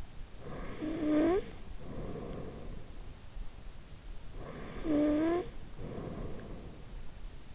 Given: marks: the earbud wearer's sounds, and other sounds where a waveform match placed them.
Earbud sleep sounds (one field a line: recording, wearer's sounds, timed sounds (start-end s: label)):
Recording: sounds in sleep by an in-ear microphone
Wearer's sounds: snoring breath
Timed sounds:
0.31-2.91 s: snoring breath
4.37-6.68 s: snoring breath